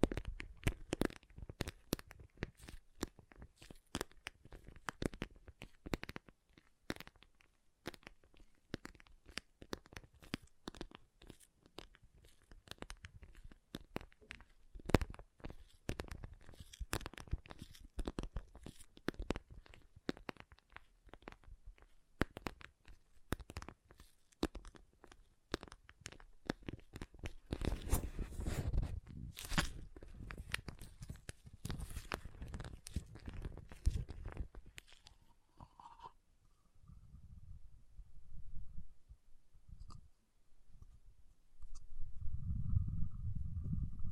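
Water beads are stirred and squished in a dense run of wet, crackling clicks and soft crunches that carries on for about 36 seconds, swelling heavier around 27 to 31 seconds. Then the clicking stops, leaving only low, muffled rumbles and a faint tone.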